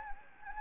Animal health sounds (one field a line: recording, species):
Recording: mosquito wingbeat signal from an infrared sensor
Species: Anopheles gambiae